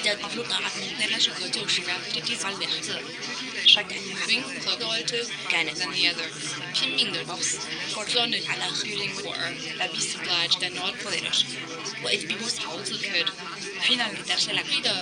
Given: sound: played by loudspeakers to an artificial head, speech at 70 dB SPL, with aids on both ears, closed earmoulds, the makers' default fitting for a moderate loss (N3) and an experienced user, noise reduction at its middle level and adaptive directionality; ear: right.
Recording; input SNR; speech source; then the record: speech test signal (ISTS) in cocktail-party noise; -3 dB; in front (0 degrees)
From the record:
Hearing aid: class 2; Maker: A